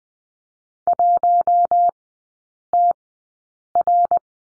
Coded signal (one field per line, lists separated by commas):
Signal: Morse code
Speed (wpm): 20 wpm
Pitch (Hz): 700 Hz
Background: none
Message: 1TR